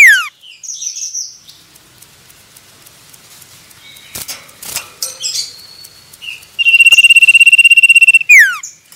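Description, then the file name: Common iora song: a slurred descending note, scattered chirps and clicks, then a fast buzzy trill on one high pitch ending in a steeply falling whistle. Male. "suara burung cipoh jantan"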